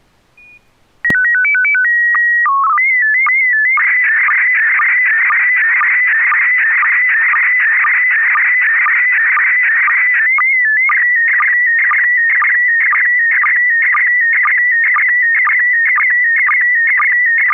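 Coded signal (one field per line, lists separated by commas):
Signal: SSTV (slow-scan television)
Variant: PD 120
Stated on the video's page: SSTV images exchanged on a weekly amateur net via an FM repeater on 441.300 MHz in Sacramento, sent with MMSSTV software.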